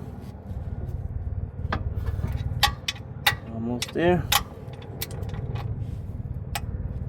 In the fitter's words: There it is. Hear that?